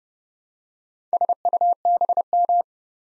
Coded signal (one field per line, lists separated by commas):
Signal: Morse code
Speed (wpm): 31 wpm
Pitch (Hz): 700 Hz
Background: none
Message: SUBM